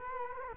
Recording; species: mosquito wingbeat signal from an infrared sensor; Culex quinquefasciatus